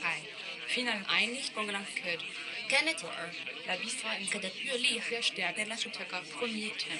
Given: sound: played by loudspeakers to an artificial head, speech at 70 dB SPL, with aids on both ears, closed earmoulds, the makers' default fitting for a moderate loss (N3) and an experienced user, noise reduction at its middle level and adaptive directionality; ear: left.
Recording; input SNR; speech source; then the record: speech test signal (ISTS) in cocktail-party noise; +6 dB; in front (0 degrees)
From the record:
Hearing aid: class 2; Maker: I